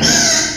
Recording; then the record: squeal of a Yucatan mini pig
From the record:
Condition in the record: before surgery on the right vocal fold (resection and tissue-engineered implant); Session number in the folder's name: 2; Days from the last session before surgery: 0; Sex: male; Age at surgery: 12 weeks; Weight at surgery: 13 kg